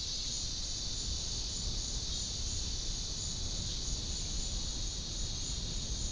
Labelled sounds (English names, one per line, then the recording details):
none
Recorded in dense forest near Puerto Asís, Putumayo, Colombia, on 12 March 2025 at 12:30
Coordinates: 0.500, -76.322
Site GP06